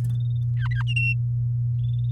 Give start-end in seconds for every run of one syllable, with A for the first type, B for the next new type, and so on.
0.57-0.82 A, 0.87-1.15 B